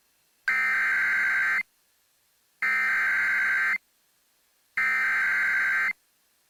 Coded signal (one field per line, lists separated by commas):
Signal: Emergency Alert System (SAME) tones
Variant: header bursts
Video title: MEMORIAL DAY MADNESS | EAS Alerts from 5/30/2022 (EAS #1177-1201)